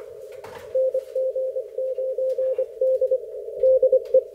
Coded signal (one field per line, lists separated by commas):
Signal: Morse code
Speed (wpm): 24 wpm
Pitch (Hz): 530 Hz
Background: none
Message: NG9D DE